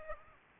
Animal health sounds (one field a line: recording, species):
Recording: mosquito wingbeat signal from an infrared sensor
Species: Aedes aegypti